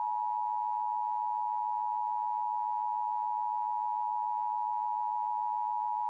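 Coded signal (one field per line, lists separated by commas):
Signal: Emergency Alert System (SAME) tones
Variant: 853 and 960 Hz attention tone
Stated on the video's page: Fictional EAS scenario.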